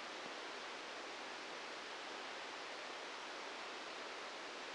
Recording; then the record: brain microelectrode recording played as sound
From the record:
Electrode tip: inside the subthalamic nucleus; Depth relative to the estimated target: 0 mm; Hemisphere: left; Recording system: NeuroSet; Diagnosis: Parkinson's disease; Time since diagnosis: 13 years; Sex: male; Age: 65 years